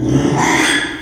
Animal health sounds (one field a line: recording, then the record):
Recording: squeal of a Yucatan mini pig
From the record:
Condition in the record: after surgery on the right vocal fold (resection and tissue-engineered implant)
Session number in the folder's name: 3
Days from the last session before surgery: 33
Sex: male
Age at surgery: 12 weeks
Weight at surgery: 13 kg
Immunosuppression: cyclosporine, prednisolone